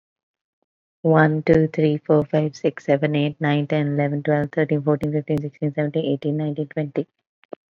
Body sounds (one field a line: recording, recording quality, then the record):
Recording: counting at a normal pace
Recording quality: excellent, no background noise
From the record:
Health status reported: COVID-19 positive, moderate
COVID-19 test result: positive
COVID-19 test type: RT-PCR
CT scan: not taken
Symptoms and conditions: cough, cold, sore throat, fever, fatigue, muscle pain, another condition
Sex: female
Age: 28 years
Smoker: no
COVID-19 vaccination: both doses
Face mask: worn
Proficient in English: yes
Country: India